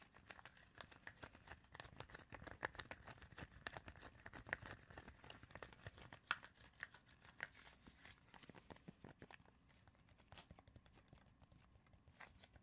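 Tapping and scratching, a dense run of quick, sharp knocks with rough scraping between them. The hits come irregularly but almost constantly, busiest in the first half and a little sparser and softer after about nine seconds.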